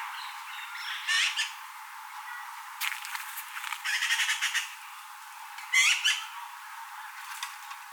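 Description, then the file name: Eurasian magpie chattering: several harsh, rasping bursts of rapid notes, one longer rattling run in the middle, over a faint hiss. "Pica pica"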